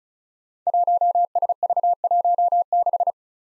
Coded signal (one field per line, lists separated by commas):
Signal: Morse code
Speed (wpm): 36 wpm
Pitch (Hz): 700 Hz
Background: none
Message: 1SV16